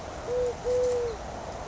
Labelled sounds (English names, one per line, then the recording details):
Eurasian Collared Dove
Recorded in Sonoma County, California